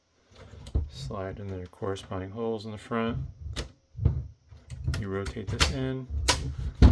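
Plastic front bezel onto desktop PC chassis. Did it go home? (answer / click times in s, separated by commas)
yes / 6.3 s, 6.8 s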